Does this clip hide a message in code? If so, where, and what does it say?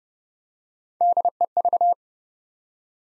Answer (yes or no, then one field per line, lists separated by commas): yes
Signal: Morse code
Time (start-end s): 1.0-1.9 s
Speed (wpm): 30 wpm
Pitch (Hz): 700 Hz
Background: none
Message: DEV